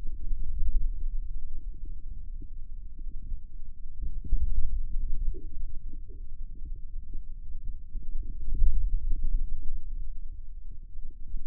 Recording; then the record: forearm muscle sounds (acoustic myography)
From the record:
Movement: hand opening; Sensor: system 2, bracelet of six BSWA MPA416 microphones around the upper forearm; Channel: 4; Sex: male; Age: 22 years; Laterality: right